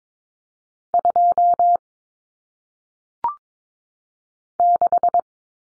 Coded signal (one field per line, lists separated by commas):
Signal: Morse code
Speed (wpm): 22 wpm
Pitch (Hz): 700 Hz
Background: none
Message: 2 6